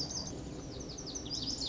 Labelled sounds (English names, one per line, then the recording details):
Lazuli Bunting
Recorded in Sonoma County, California